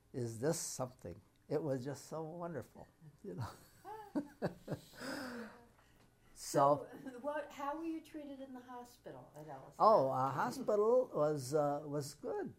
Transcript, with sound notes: "Is this something!" It was just so wonderful, you know. [Laughs]
Yeah. [Laughs]
So —
How were you treated in the hospital at Ellis Island?
Oh, hospital was — was good.